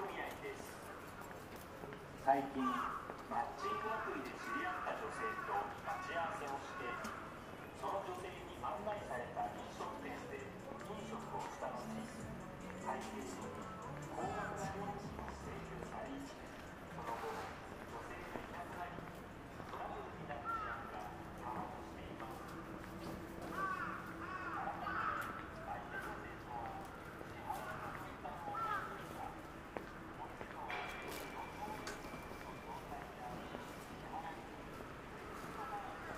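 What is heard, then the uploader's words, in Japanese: A bustling Saturday morning in Shinjuku's Omoide Yokocho, with a steady, dense wash of overlapping voices and chatter throughout. Footsteps and small clicks and knocks come and go, and a brief sharp clack stands out near the start, with a thin tone appearing around the thirty-second mark. Shinjuku,Saturday morning。Morning in bustling Shinjuku is different from night.Kabukicho～Hotel street～ Kabukicho,Sakura street～Kabukicho,Ichiban-gai～Omoide Yokocho～Shinjuku East exit.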